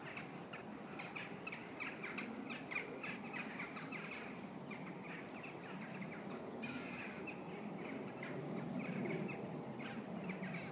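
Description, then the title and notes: Birds twittering busily, dense bursts of high chirps tumbling over one another, pausing briefly midway, then resuming over a soft background rumble. Birds chirping on a mild February evening in the Schlosspark Herten, by the delivery driveway to the LWL clinic, Herten, Germany; recorded with an iPhone 5. "Schlosspark Herten, Lieferantenzufahrt zur LWL-Klinik - Vogelgezwitscher im Schlosspark Herten. Birds chirping on a mild February evening in the park of Herten, Germany"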